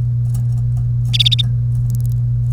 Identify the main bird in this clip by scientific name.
Serinus canaria